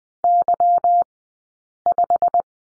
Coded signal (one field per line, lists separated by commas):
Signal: Morse code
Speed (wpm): 20 wpm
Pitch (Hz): 700 Hz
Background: none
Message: Y5